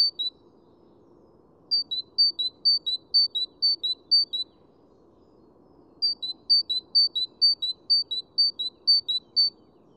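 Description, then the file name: Great tit song: the end of one strophe, then two long strophes of repeated two-note phrases, a high note dropping to a lower one, with a quiet pause between them. "Parus major"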